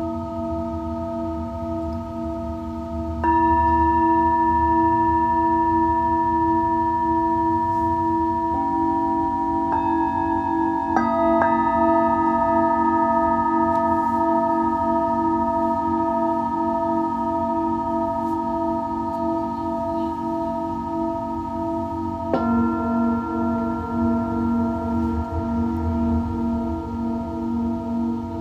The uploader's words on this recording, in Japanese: メキシコから シンギングボウルのサウンドヒーリング。